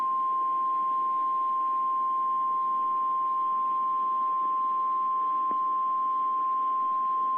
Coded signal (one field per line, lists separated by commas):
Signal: Emergency Alert System (SAME) tones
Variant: 1050 Hz attention tone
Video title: Real EAS #496 - Fire Warning!!!!!